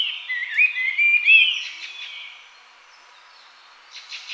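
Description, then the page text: Sulawesi Babbler song: a short burst of clear wavering whistles, then quieter rattling notes, a pause, and a final brief scratchy phrase. "Sulawesi Babbler Song. Quick Sounds"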